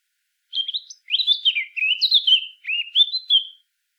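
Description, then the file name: Eurasian blackcap singing a short warbled phrase of varied chattering notes, then clearer fluty whistles; a brief pause splits the start, and the background is silent. "Sylvia atricapilla"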